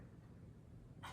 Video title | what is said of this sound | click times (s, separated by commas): Detent Adjustment | it'll you'll you'll feel it really pop in. | 1.0 s